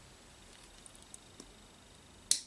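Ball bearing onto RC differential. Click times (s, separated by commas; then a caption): 2.3 s. A large 1680 ball bearing is pressed onto one side of the differential for a Tamiya Super Astute RC car, with faint small ticks between about 0.9 and 1.4 s. It ends in one loud, sharp snap at 2.3 s as the bearing seats in a tight fit.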